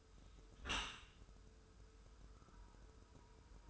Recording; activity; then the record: daily activity, microphone in the room; close dishwasher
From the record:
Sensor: 2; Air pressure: 1014.9 hPa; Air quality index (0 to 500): 25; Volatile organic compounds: 0 ppm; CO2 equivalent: 500 ppm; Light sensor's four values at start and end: 10/23/10/10 and 10/23/10/10